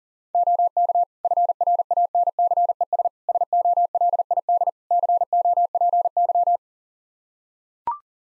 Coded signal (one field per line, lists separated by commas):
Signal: Morse code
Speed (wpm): 40 wpm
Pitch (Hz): 700 Hz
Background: none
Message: OK FRANCES SOLID COPY